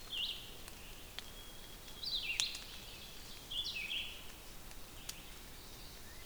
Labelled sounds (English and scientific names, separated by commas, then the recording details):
Red-eyed Vireo (Vireo olivaceus) song
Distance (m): 45 m
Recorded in boreal forest in Alberta, Canada, on 5 June 2016 at 06:39
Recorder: SongMeter 3, array SBT-3-51
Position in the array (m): 181 m, 99 m